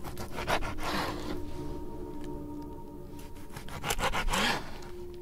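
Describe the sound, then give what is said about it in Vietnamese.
A knife blade rasps back and forth against a wooden board in rough, repeated strokes, the scraping swelling louder in bursts at the start and again near the end, with no voices. “nó lại cứa luôn cả lên cái tấm gỗ mà cô Xính đang tì tay của thằng Toan”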